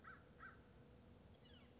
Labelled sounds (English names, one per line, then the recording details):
American Crow
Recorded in Sonoma County, California